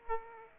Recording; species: mosquito wingbeat signal from an infrared sensor; Aedes aegypti